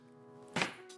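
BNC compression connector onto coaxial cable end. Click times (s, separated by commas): 0.6 s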